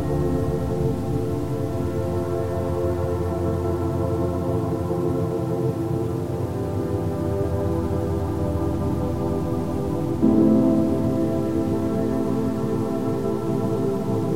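Calm, sustained tones hang in layers over a soft, low wash of wind-like noise, the sound steady and unhurried throughout. Just past ten seconds a new, slightly louder low tone swells in and holds to the end.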